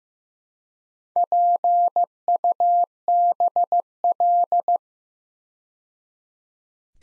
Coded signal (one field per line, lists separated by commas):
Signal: Morse code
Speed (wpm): 15 wpm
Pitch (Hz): 700 Hz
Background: none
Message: PUBL